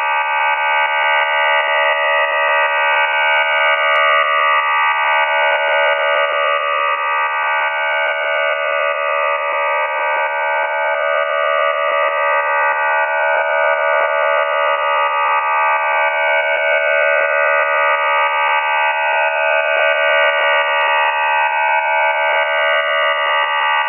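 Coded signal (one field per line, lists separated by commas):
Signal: numbers station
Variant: Q26 QPSK modem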